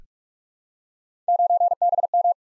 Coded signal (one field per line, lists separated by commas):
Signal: Morse code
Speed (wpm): 44 wpm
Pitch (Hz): 700 Hz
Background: none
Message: 9BM